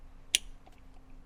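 The male plug of a rear display's wiring harness for a Tesla Model 3/Y is pushed into its female connector socket. A single sharp, bright click sounds at 0.3 s, followed by a few faint small ticks over a quiet background. The connector is fully seated.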